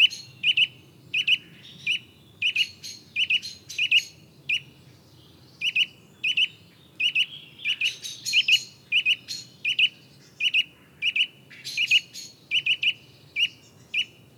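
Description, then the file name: Eurasian nuthatch giving sharp, high notes, mostly in quick pairs, repeated steadily. "Sitta europaea"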